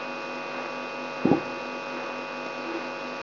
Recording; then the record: brain microelectrode recording played as sound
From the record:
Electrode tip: inside the subthalamic nucleus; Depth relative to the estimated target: 2.5 mm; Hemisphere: right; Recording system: AlphaMap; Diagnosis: Parkinson's disease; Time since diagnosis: 12 years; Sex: female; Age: 65 years